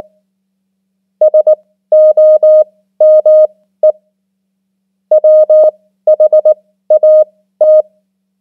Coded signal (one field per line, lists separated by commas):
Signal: Morse code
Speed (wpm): 19 wpm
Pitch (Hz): 620 Hz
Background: none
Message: SOME WHAT